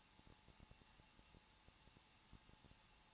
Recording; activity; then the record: daily activity, microphone in the room; no activity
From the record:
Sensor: 1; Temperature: 20.1 degrees Celsius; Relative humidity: 39.2%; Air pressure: 1006.3 hPa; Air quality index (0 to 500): 218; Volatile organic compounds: 79 ppm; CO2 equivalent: 3596 ppm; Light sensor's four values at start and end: 1/2/1/1 and 1/2/1/1